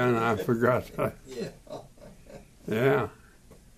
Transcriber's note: laughing